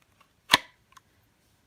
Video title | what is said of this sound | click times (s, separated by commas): Massaro Holster Works American Purebred one week impressions | right there you heard the click so that's pretty good retention that we're gonna have on that and | 0.5 s